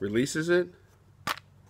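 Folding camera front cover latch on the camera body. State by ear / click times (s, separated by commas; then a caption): released / 1.3 s. Someone talks briefly, then the release on a vintage folding bellows camera is pressed and the front cover latch on the camera body pops open with a sharp pop at 1.3 s, followed by a faint short tick just after. The front is released.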